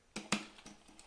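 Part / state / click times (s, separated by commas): plastic side latch on a tackle box lid / not seated / none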